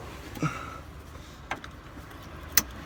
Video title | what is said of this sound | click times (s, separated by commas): Finding a Coilover Deathtrap Whilst Doing a Full Service! | Make sure it clicks. | 2.6 s